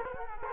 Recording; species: mosquito wingbeat signal from an infrared sensor; Culex quinquefasciatus